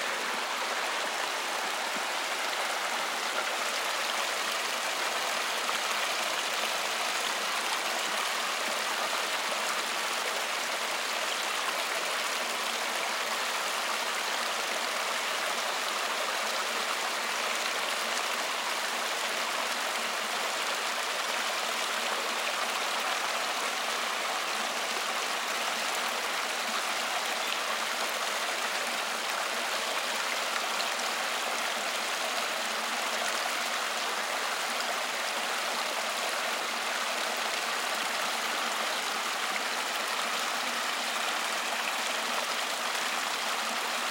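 A rushing stream pours steadily without pause, a dense, even hiss of water spread across low and bright tones, unchanging throughout.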